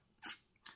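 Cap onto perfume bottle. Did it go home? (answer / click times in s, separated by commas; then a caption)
yes / 0.7 s. A cap is pushed back onto a 1.7 oz Rasasi Romance perfume bottle, with a brief bright scraping rustle around 0.2–0.3 s. A short, sharp click follows at 0.7 s as the cap seats into place.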